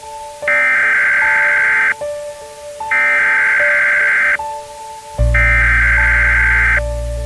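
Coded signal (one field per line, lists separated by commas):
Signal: Emergency Alert System (SAME) tones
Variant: header bursts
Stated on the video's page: Fictional EAS alert about riots, inspired by 28 Days Later.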